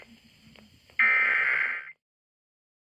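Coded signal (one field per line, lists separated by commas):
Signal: Emergency Alert System (SAME) tones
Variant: header bursts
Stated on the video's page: Required Weekly Test sent on NOAA weather radio station WXL61.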